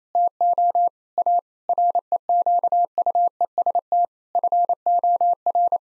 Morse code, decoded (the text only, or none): TO A REQUEST FOR